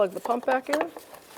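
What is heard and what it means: Someone talks while handling the electrical plug for the windshield washer fluid pump on the washer reservoir of a 2008-13 Mazda 3, bringing it back toward the pump. Only voice and faint handling noise are heard, with no sharp snap. The clip ends before the plastic connector goes home, and nothing has seated or clicked yet.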